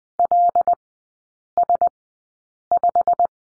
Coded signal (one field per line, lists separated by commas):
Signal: Morse code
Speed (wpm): 20 wpm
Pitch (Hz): 700 Hz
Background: none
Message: LS5